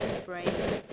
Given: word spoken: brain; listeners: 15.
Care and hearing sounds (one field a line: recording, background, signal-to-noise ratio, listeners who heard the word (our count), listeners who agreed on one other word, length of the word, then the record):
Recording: one English word in noise, from a listening test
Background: noise modulated by three-talker babble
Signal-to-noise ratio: -7.7 dB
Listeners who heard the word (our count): 4 of 15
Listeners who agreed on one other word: 7 of 15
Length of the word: 0.53 s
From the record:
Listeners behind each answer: 7, 4, 1, 1, 1, 1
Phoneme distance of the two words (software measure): 10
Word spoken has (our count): 1 syllable, 4 phonemes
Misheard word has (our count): 1 syllable, 4 phonemes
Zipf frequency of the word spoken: 4.84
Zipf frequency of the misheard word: 4.64